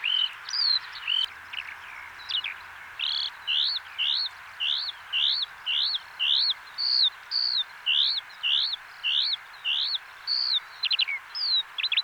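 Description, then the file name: Eurasian skylark song, a long unbroken stream of high chirping, trilled and slurred notes tumbling on with barely a pause. "alauda arvensis"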